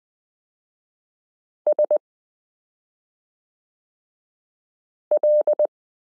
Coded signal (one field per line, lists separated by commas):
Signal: Morse code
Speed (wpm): 20 wpm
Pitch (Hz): 600 Hz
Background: none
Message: SL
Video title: Morse Code Listening Lesson 13 - k r s u a p t l o w i (.)period n